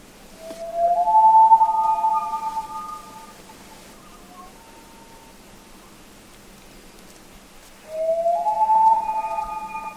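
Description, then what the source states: Common Loon wailing: long, mournful, tonal notes that rise and then hold, one wail fading out and a second starting about eight seconds in, over a soft background hiss. Heard and recorded in Greenland; presented as a sound of winter and icy landscape.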